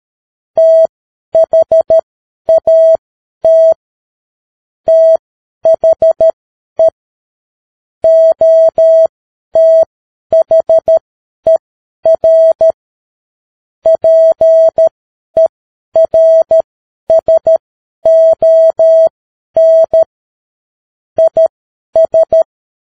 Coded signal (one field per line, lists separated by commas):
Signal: Morse code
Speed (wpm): 13 wpm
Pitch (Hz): 650 Hz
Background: none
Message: THAT THE OTHER PERSON IS